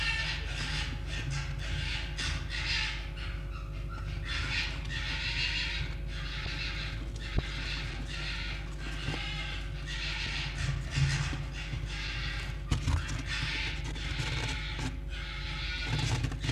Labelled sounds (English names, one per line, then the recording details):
Red Fox
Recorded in captivity
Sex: group
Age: adult
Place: Zoologisches Institut der HUB, Berlin, DE
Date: 1956-02-22 15:25
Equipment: Elmetra
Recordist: Tembrock, Günter
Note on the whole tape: Band F 241a: Jau: Drohschrei (gegen Jupp); Jupp: Stoßschrei; Fiffi (Sprödigkeit): Knurren (offen und geschlossen). Aufnahme geschnitten, Netzbrummen und Knistern